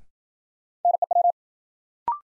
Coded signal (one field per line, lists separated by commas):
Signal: Morse code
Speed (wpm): 51 wpm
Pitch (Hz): 700 Hz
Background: none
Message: NEW